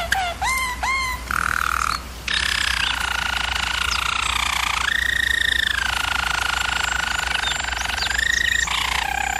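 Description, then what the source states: German Roller canary opening with a few sharp upswept notes, then flowing into long continuous rolls that shift up and down in pitch. German Roller canary singing, for canary training.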